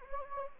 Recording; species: mosquito wingbeat signal from an infrared sensor; Anopheles gambiae